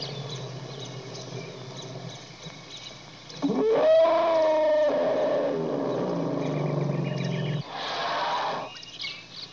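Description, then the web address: Elephant call as a brassy, tonal blare lasting about a second, followed by a long rough lower call and a second harsh burst. Birds calling in the background. "elephant calling birds in bg animal"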